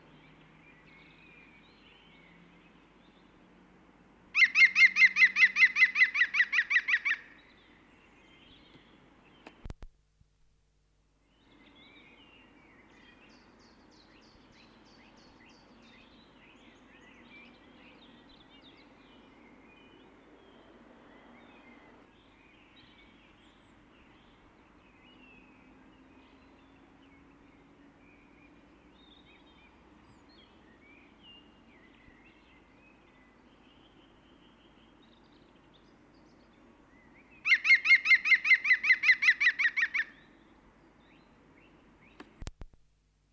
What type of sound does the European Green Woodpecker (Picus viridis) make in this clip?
call